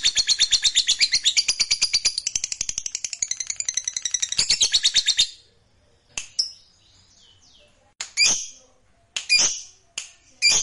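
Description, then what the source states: Lovebird song, fast grating chatter of rapidly repeated high notes for about five seconds, followed by spaced, sharp single chirps. Fighter-type lovebird singing energetically (gacor).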